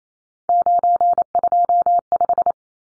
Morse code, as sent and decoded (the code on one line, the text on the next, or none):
----. ..--- .....
925